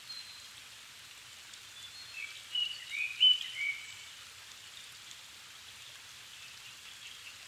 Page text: kurotugumi 20110507-1759. Turdus cardis [Sounds -Nikko Today-]